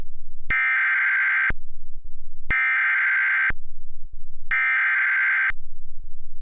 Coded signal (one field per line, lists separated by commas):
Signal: Emergency Alert System (SAME) tones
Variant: header bursts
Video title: EAS Remake: Severe Storms In New Mexico.